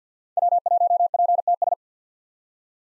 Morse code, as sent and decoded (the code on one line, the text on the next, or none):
.-- .---- .--. - ...
W1PTS